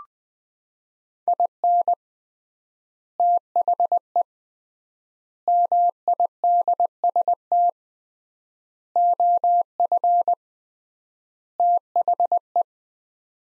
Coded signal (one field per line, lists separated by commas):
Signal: Morse code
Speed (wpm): 21 wpm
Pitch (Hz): 700 Hz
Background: none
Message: IN THE MIDST OF THE